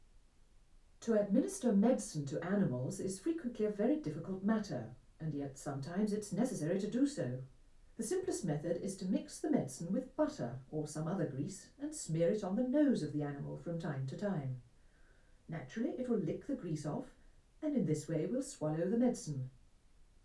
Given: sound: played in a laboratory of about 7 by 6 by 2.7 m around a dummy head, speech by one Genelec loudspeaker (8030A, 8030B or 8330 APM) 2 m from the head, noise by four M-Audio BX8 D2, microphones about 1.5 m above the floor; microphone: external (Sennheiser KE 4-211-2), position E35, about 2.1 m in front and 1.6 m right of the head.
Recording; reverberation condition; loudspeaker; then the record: female speech in English; low; 60 degrees to the left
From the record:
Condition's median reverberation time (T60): about 310 ms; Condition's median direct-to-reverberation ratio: about 3.5 dB